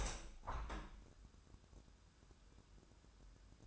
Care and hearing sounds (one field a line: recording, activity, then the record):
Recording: daily activity, microphone in the room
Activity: open window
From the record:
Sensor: 2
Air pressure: 1014.8 hPa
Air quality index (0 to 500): 81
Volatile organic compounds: 2 ppm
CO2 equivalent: 1068 ppm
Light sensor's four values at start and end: 8/19/8/8 and 8/19/8/8